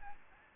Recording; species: mosquito wingbeat signal from an infrared sensor; Aedes albopictus